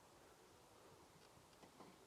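A small metal retaining clip is turned the correct way round and lined up with the tiny hole in a strut end socket during a boot-opening mod on a Mk2 Focus ST/RS. Only quiet, steady rustling and faint handling noises are heard, with a few slightly louder soft bumps near 1.8 and 2.1 seconds. Nothing has clicked or locked into place yet.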